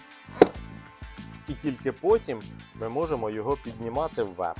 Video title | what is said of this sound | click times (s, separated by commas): Автокрісло Maxi-Cosi RodiFix R i-Size - Огляд, Функціонал і Встановлення | Ми беремо спинку, вставляємо і нам потрібно її натиснути, щоб воно зафіксувалося. | 0.4 s